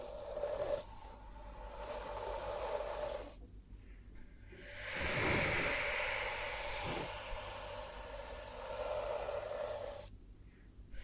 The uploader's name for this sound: 10 Hypnotic Triggers Around Your Head and Ears